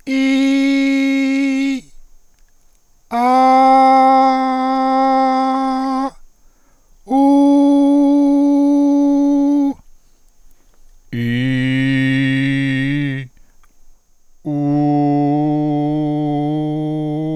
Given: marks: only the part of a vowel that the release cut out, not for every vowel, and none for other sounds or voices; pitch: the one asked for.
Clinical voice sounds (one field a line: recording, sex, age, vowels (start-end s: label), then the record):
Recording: sustained vowels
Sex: male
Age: 50 to 59 years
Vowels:
0.21-1.64 s: vowel /i/, high pitch
3.88-5.83 s: vowel /a/, high pitch
7.62-9.55 s: vowel /u/, high pitch
11.27-13.04 s: vowel /i/, low pitch
15.40-17.07 s: vowel /u/, low pitch
From the record:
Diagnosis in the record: healthy voice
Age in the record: 50 years